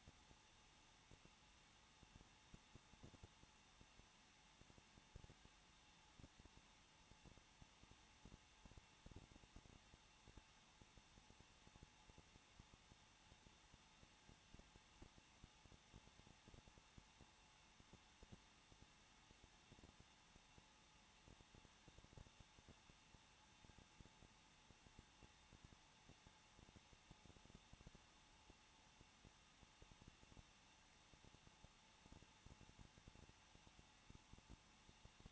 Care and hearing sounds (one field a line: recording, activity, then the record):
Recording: daily activity, microphone in the room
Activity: no activity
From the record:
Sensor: 1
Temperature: 20.1 degrees Celsius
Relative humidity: 39.4%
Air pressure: 1006.4 hPa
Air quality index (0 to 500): 219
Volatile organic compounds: 81 ppm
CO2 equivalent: 3616 ppm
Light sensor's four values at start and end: 1/2/1/1 and 1/2/1/1